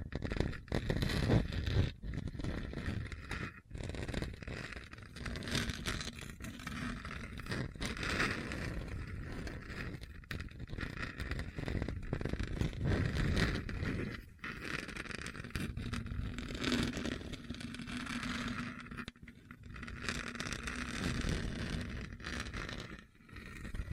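A hard, bumpy surface is scratched and scraped in a rough, uneven rhythm, with dense gritty rasping that rarely lets up. Short gaps and sharper knocks break in now and then, and a low rumbling hum runs underneath, strongest in the second half.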